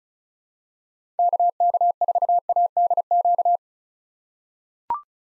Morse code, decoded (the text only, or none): KK4ADQ